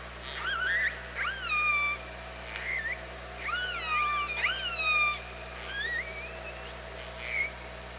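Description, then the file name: Orca calls, a series of squeaky harmonic calls that sweep down or rise then fall, several overlapping, over a constant low mechanical hum. OrcaLab hydrophone, 24 August 2017, 07:48. "Orca Lab UTLN JASON 20170824 074812"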